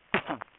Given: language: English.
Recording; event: throat vibration sensor signal played as sound; cough